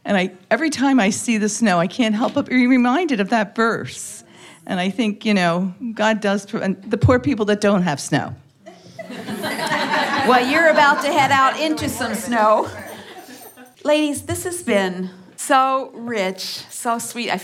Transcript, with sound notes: And every time I see the snow, I can’t help but be reminded of that verse. And I think God does. The poor people that don’t have snow. (laughter)
Well you’re about to head out into some snow. Ladies, this has been so rich, so sweet.